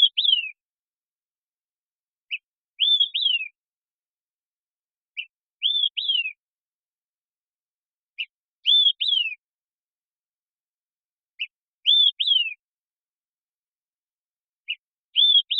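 An olive-sided flycatcher repeats its clear three-part whistled song about every three seconds, a short note then two slurred phrases, against silence.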